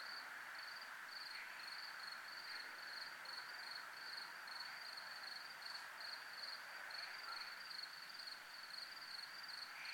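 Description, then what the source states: Cricket trill, a steady, shrill pulsing buzz running without a break. Recorded at a place called zona militar.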